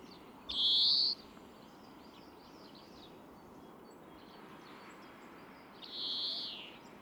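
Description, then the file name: European greenfinch wheezing calls, two drawn-out nasal buzzes a few seconds apart, the second softer, with faint chirps between. "Chloris chloris"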